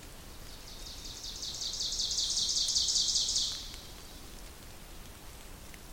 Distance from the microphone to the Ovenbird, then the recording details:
about 35 m. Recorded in boreal forest in Alberta, Canada, on 2 June 2016 at 07:01. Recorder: SongMeter 3, array SBT-3-7. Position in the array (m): 238 m, 38 m. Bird 6